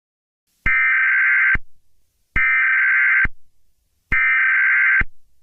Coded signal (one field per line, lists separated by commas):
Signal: Emergency Alert System (SAME) tones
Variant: header bursts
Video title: Eas Scenario - Asteroid Titan